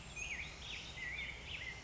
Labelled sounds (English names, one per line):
Black-headed Grosbeak